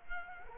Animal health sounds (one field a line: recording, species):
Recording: mosquito wingbeat signal from an infrared sensor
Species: Culex quinquefasciatus